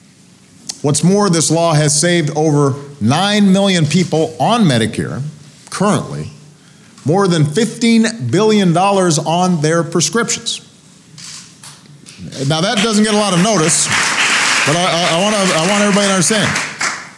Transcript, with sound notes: What's more, this law has saved over 9 million people on Medicare currently more than $15 billion on their prescriptions. (Applause.)
Now, that doesn't get a lot of notice, but I want everybody to understand.